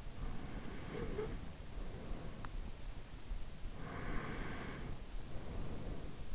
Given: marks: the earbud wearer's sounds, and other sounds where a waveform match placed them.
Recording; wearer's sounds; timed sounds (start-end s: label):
sounds in sleep by an in-ear microphone; breath
0.21-2.70 s: breath
3.49-6.15 s: breath